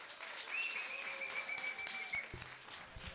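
Steady crowd applause, many hands clapping in a dense wash for about three seconds, with a thin high whistle-like tone running through the middle and a low thump near the end.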